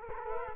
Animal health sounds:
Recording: mosquito wingbeat signal from an infrared sensor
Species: Culex quinquefasciatus

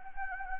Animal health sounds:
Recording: mosquito wingbeat signal from an infrared sensor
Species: Anopheles gambiae

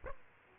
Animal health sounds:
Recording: mosquito wingbeat signal from an infrared sensor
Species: Aedes aegypti

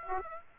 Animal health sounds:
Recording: mosquito wingbeat signal from an infrared sensor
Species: Aedes aegypti

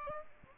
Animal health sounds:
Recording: mosquito wingbeat signal from an infrared sensor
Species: Aedes aegypti

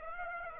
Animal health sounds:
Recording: mosquito wingbeat signal from an infrared sensor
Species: Aedes aegypti

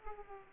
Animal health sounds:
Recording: mosquito wingbeat signal from an infrared sensor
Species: Aedes aegypti

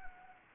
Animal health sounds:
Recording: mosquito wingbeat signal from an infrared sensor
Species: Anopheles gambiae

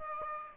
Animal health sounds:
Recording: mosquito wingbeat signal from an infrared sensor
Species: Aedes aegypti

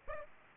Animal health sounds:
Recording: mosquito wingbeat signal from an infrared sensor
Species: Aedes aegypti

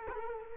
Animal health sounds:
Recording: mosquito wingbeat signal from an infrared sensor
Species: Culex quinquefasciatus

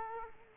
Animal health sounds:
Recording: mosquito wingbeat signal from an infrared sensor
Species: Culex quinquefasciatus

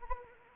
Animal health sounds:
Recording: mosquito wingbeat signal from an infrared sensor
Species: Anopheles arabiensis

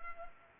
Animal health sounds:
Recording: mosquito wingbeat signal from an infrared sensor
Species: Culex pipiens

